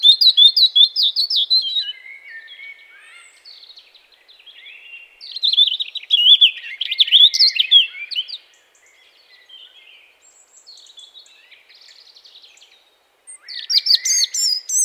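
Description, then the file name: European robin song of varied high warbling phrases, loudest at the start, around six seconds and at the end, with softer twittering between and a short quiet spell before the last phrase. "Erithacus rubecula"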